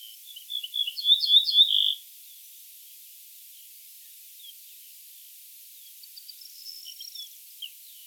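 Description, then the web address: Ortolan bunting with one brief phrase of bright repeated notes at the start, followed by quiet, with faint high chirps near the end. "emberiza hortulana call"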